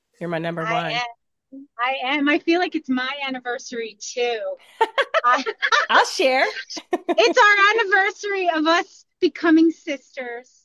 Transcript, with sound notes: You're my number one.
I am. I am. I feel like it's my anniversary, too.
(laughs)
I-
I'll share. (laughs)
It's our anniversary of us becoming sisters.